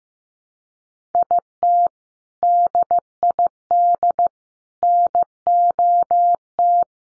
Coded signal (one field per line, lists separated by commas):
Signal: Morse code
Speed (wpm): 15 wpm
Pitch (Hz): 700 Hz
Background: none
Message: IT DID NOT